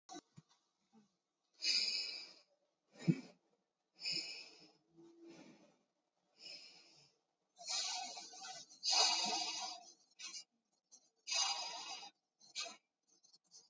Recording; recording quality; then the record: deep breathing; excellent, no background noise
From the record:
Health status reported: COVID-19 positive, mild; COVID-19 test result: positive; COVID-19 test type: RT-PCR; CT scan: taken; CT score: 0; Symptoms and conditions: cough, cold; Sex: male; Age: 30 years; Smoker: no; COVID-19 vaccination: both doses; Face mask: worn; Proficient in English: yes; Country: India